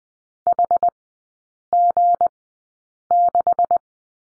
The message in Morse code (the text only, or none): HG6